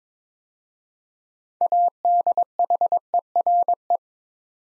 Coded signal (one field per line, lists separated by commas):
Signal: Morse code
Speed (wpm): 22 wpm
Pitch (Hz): 700 Hz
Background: none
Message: ADHERE